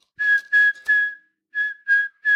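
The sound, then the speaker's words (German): A person whistles the melody of Jingle Bells, a phrase of three clear, steady notes, a short pause, then more notes at a similar pitch, for someone to play it on a flute. The whistling is bright and alone, with no talking. “Ich pfeife es dir vor.”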